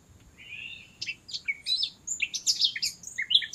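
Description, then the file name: Eurasian blackcap singing a scratchy, jumbled warble that grows louder toward the end. "Sylvia atricapilla"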